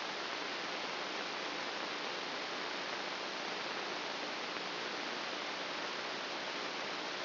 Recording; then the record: brain microelectrode recording played as sound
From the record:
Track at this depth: inside the subthalamic nucleus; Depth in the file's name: 4.503 mm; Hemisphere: right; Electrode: 2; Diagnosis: Parkinson's disease